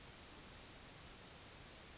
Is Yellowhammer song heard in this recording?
no